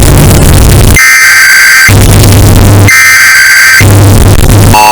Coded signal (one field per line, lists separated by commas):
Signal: Emergency Alert System (SAME) tones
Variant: header bursts